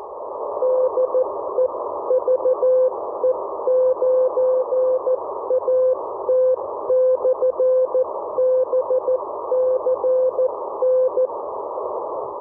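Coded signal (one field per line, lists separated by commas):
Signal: Morse code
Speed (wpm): 14 wpm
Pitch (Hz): 510 Hz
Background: none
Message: DEVE9AT/BCN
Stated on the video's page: CW beacons in the 10 meter amateur beacon sub-band, showing HF propagation.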